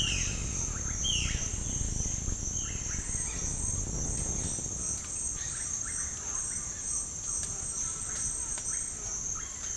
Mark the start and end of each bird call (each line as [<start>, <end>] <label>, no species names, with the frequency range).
[0.00, 3.49] bird call (0.6-6.4 kHz)
[4.69, 9.74] bird call (0.6-4.0 kHz)